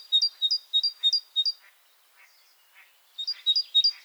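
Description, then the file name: Great tit song: repeated two-note high phrases in quick bursts, a pause with soft chatter, then the two-note phrases resume. "Parus major"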